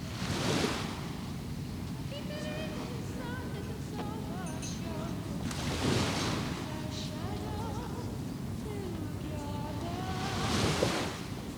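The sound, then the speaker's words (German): Ocean waves roll in with a steady low roar, swelling into three hissing washes about five seconds apart, while faint higher warbling tones drift over the surf. “Was gibt's denn sonst? Den Rest? Das Meer.”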